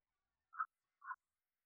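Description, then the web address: Morelet's tree frog call: two short, soft, clucking notes about half a second apart, otherwise silent. "phyllomedusidae Agalychnis-moreletii"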